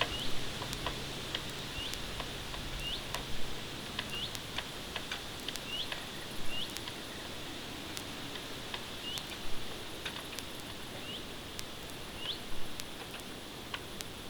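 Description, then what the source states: Common redstart giving a series of short rising whistled notes, with faint clicks over a steady hiss of background noise. Recorded 10 September 2017.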